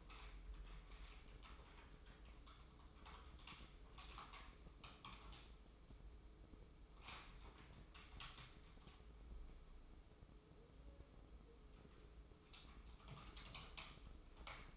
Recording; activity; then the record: daily activity, microphone in the room; typing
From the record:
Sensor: 1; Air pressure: 995.3 hPa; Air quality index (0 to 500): 28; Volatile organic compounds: 1 ppm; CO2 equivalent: 541 ppm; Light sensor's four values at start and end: 17/58/21/23 and 17/58/21/23